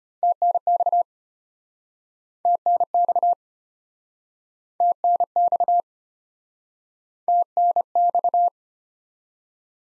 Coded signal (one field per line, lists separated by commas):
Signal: Morse code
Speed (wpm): 34 wpm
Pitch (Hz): 700 Hz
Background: none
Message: TNX TNX TNX TNX